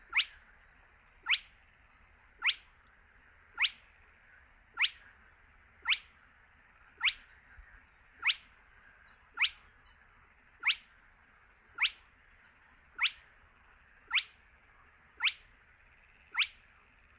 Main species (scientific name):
Porzana porzana